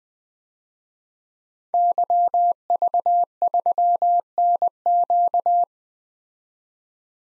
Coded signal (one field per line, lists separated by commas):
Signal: Morse code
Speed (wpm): 20 wpm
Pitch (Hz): 700 Hz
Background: none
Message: YV3NQ